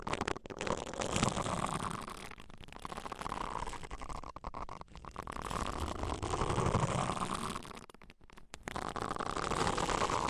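Deep ear cleaning makes continuous low rumbling and muffled scraping, with brief silent gaps near two and a half, five and eight seconds.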